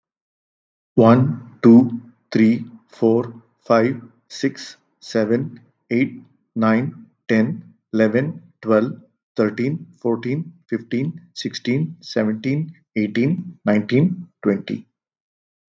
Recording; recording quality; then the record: counting at a normal pace; excellent, no background noise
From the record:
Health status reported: healthy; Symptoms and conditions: none ticked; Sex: male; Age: 57 years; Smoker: not ticked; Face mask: not worn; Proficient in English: yes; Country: India